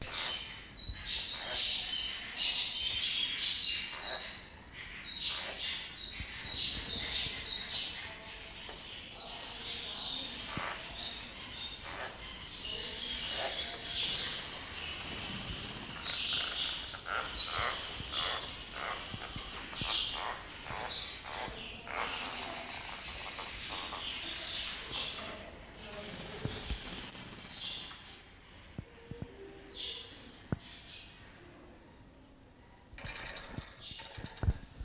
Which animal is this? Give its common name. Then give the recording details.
Double-toothed Barbet. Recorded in captivity. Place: Zoo Berlin, Berlin, DE. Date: 1998-03-21 11:33. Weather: heiter, ca. 0°C. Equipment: Nagra SN, Kopie Uher 4000 Report Monitor. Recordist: Tembrock, Günter. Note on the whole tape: Kurzlaute, danach mit Futter im Schnabel